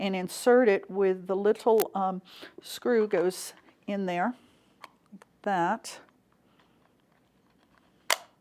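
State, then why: Seated. Someone talks while a loaded metal bobbin case is pushed into a bobbin case tension gauge, with its tension screw positioned in the gauge's slot. After the talking stops and a few faint small sounds, a sharp click at 8.1 s marks the bobbin case seating in the gauge, though whether this first insertion fully seated is uncertain, since it is then tried once more.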